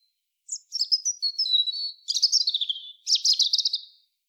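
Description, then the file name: European robin singing a thin, high phrase: a sharp opening note, a slowly falling string of sweet notes, then two quick tinkling bursts; no other sounds. "Erithacus rubecula"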